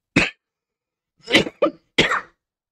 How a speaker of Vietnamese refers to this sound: Khục, ho nhẹ một tiếng, chính Tu Tầm cũng biết là không thể kéo dài quá lâu, liền nói.